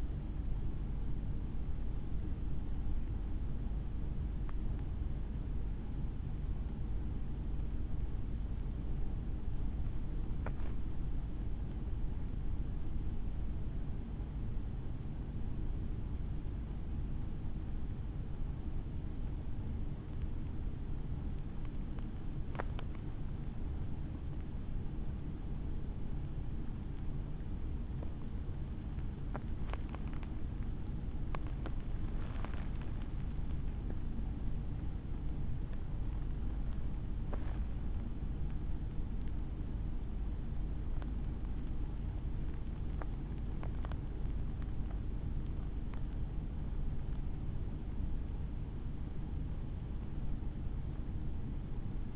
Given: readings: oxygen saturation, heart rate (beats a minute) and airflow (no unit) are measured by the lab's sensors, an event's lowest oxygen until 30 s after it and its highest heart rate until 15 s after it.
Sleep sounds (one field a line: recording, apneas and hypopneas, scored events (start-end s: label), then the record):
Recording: breathing in sleep by a smartphone at the bedside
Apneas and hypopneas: none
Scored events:
0.00-35.00 s: awake
21.00-52.16 s: new sleep stage, N1 (lightest sleep)
From the record:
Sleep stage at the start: awake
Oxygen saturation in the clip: 94 to 95%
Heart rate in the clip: 52 to 66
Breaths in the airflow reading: 17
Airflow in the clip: -5.4 to 6.4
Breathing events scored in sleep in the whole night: 216 in 7.0 hours asleep